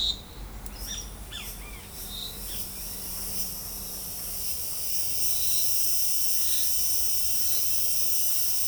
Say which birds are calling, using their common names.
none